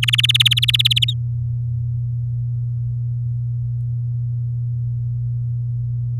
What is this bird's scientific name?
Serinus canaria